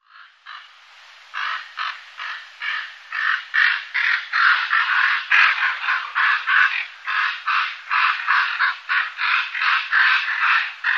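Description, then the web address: Common raven calls: a quiet start, then loud, rasping squawks repeated about two to three times a second, steady and insistent for the rest. "Cants corb"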